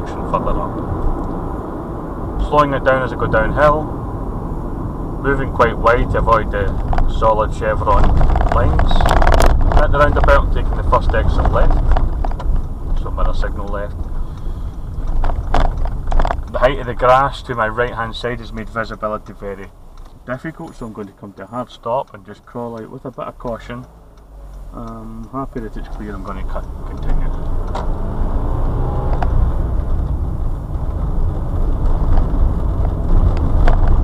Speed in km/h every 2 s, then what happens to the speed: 58, 50, 42, 35, 31, 26, 23, 16, 10, 5, 0, 0, 0, 15, 26, 26, 32.
0-20 slows to 0. 20-25 standing. 25-34 pulls away to 32.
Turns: none.